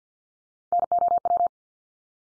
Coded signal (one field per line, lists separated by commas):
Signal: Morse code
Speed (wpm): 50 wpm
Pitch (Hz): 700 Hz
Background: none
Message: NOW